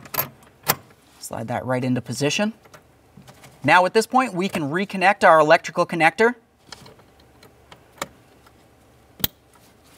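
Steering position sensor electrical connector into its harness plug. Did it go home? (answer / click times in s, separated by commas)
yes / 9.2 s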